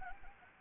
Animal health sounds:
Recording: mosquito wingbeat signal from an infrared sensor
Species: Anopheles gambiae

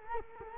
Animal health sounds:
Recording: mosquito wingbeat signal from an infrared sensor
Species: Culex quinquefasciatus

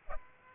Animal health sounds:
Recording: mosquito wingbeat signal from an infrared sensor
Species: Aedes aegypti

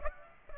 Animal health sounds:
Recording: mosquito wingbeat signal from an infrared sensor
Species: Aedes aegypti

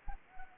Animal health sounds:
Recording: mosquito wingbeat signal from an infrared sensor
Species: Anopheles arabiensis

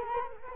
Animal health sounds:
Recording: mosquito wingbeat signal from an infrared sensor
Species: Culex quinquefasciatus

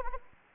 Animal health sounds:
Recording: mosquito wingbeat signal from an infrared sensor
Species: Anopheles arabiensis

